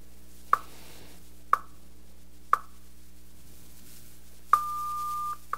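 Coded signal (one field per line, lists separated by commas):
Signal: radio time signal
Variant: WWVH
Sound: three sharp ticks a second apart, a skipped tick, then a long high beep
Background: low hum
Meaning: The long 1200 Hz tone marks the start of a new minute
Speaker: And there's a pause for WWV announcement since they share frequencies.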